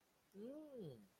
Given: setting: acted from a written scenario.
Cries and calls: vocal sound without words; desire

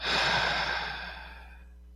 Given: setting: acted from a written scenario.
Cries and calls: vocal sound without words; serenity

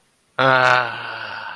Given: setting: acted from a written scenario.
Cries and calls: vocal sound without words; ecstasy

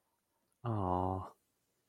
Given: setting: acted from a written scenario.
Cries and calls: vocal sound without words; sympathy

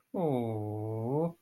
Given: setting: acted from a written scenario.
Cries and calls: vocal sound without words; awe

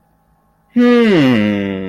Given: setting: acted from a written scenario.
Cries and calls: vocal sound without words; confusion

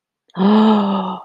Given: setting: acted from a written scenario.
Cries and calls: vocal sound without words; awe

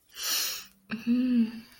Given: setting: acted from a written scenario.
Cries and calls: vocal sound without words; serenity

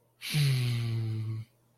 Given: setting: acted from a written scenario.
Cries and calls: vocal sound without words; serenity

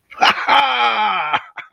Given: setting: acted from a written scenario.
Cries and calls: vocal sound without words; triumph

